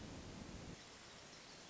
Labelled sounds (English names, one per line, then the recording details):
Hermit Thrush
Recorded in Sonoma County, California